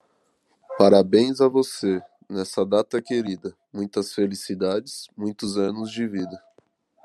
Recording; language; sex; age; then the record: short text; Brazilian Portuguese; male; 20 to 29 years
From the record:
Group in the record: control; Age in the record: 23 years